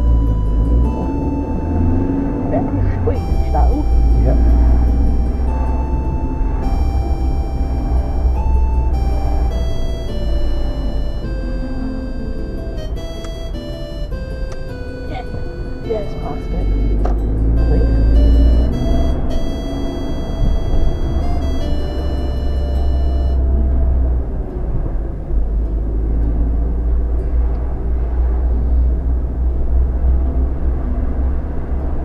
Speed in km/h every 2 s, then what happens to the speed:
13, 19, 24, 21, 18, 15, 11, 8, 13, 23, 23, 19, 15, 16, 19, 21.
0-4 speeds up to 24. 4-13 slows to 8. 13-18 speeds up to 23. 18-24 slows to 15. 24-32 steady at about 16.